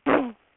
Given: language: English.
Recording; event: throat vibration sensor signal played as sound; throat clearing